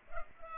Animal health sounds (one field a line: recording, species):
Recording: mosquito wingbeat signal from an infrared sensor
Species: Culex pipiens